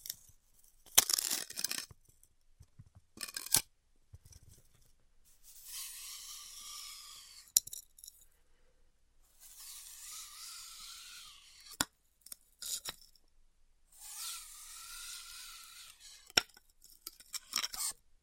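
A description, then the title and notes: Styrofoam being cut with a heated tool, in three sustained passes of hissing, squeaky friction, each with a thin whine that rises and falls slightly. Between the passes come short, sharp snaps and crunches, several of them loud, with brief quiet gaps. ASMR Styrofoam Heat Cutting (No Talking).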